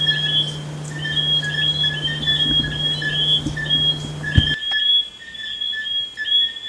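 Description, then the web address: Frogs in chorus, high overlapping tonal notes continuing steadily; a low hum runs until about four and a half seconds, then stops after a click. "humbot audio frogs"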